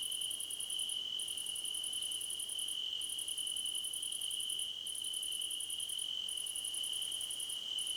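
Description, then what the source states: Crickets trilling: an unbroken high-pitched drone beneath loud, very high pulsed bursts lasting over a second each, separated by brief pauses. Many crickets calling together, described as a choir competition.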